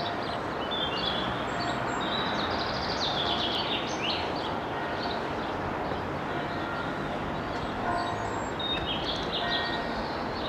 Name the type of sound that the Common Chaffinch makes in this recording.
song